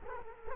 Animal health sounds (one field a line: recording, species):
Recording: mosquito wingbeat signal from an infrared sensor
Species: Culex quinquefasciatus